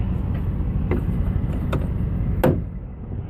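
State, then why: Seated. During a pre-trip walk-around, a tractor truck's hood is closed down into its latch over a steady low rumble. Two lighter knocks come at 0.9 and 1.7 s, then the loudest hit at 2.4 s is the latch clicking shut, and the hood is seated.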